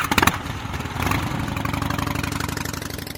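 A Harley-Davidson motorcycle engine cranks and fires with a few sharp bursts, then settles into a loud, steady, throbbing idle with an even rhythmic pulse and no voices.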